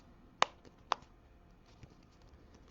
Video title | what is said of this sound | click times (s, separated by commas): Ginger's Kitchen Part 3 Embellishments and Finishing November 29, 2020 | looks pretty good and then you want to push it in until it snaps | 0.4 s, 0.9 s